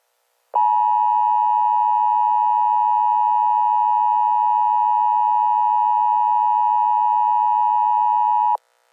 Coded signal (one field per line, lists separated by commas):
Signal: Emergency Alert System (SAME) tones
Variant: 853 and 960 Hz attention tone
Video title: (EAS CAE) Gabriel Gunter GONE